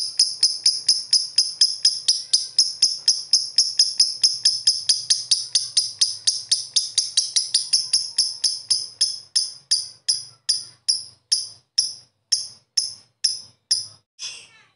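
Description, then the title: Bird song of quick, piercing chirps that start rapid and gradually slow down, spacing out by the end. "Kicau Burung"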